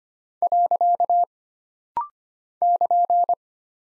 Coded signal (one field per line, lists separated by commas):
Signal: Morse code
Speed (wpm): 25 wpm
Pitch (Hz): 700 Hz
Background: none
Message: . <KN>